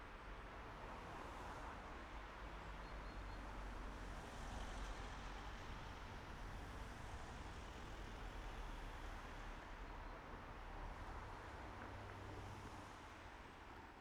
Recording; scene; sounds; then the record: everyday scene through a hearing-aid microphone; in traffic; traffic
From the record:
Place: main road on the outskirts, rush hour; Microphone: behind the ear, right, front